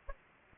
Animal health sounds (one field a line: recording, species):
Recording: mosquito wingbeat signal from an infrared sensor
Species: Aedes aegypti